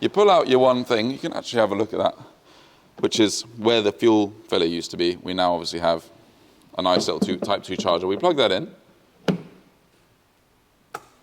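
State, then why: Seated. A Type 2 charging plug is pushed into the charge port of a 110kWh electric Land Rover Defender kit car, where the fuel filler used to be, while someone talks. Sharp clicks follow at 9.3 s and 11.0 s as the port's lock engages, seating the plug so it cannot be unplugged.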